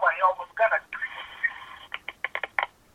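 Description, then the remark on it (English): An electronic telephone ring: a sustained, buzzy warbling tone followed by a rapid series of short, evenly spaced bursts, preceded by a couple of brief vocal-like sounds. “Oh, you phone.”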